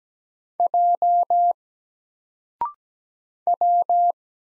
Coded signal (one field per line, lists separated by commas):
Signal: Morse code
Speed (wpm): 17 wpm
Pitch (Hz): 700 Hz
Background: none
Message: J W